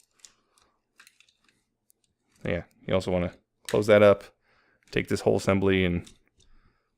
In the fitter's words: so they'll rotate out like that and click into place yeah